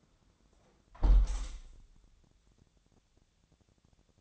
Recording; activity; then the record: daily activity, microphone in the room; close window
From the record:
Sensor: 3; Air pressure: 1000.4 hPa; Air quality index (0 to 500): 173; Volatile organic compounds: 3 ppm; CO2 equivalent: 1493 ppm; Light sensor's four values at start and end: 13/34/13/15 and 13/34/13/15